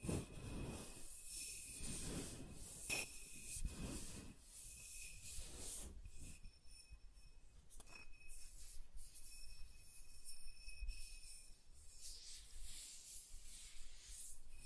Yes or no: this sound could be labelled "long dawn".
no